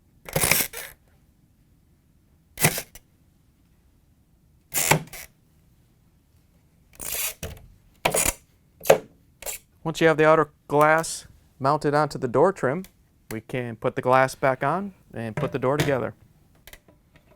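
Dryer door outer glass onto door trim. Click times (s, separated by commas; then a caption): 0.5 s, 4.9 s, 8.1 s. The plastic outer glass of a Samsung dryer door is squeezed around its edge so its clips snap onto the plastic door trim (part DC63-01174A). Sharp clicks are heard at 0.5, 4.9 and 8.1 seconds as the clips lock into place, and then someone talks. The outer glass ends up seated on the door trim.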